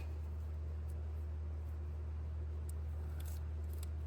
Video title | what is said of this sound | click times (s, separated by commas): (DIY) How To Replace 2011-2017 Jeep Compass Crankshaft Position Sensor (SAVE MONEY!) | It didn't make a click, | none